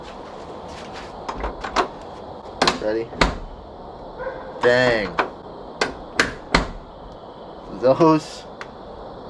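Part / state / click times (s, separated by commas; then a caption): car door latch catching on its striker / seated / 5.8 s, 6.2 s, 6.6 s. After its old door mechanism is cleaned, the door of a 1962 Comet is closed and the latch catches on its striker. Sharp metallic clicks ring out at 5.8, 6.2 and 6.6 seconds, with someone talking before and after. The latch clicks fully shut and seats with satisfying clicks.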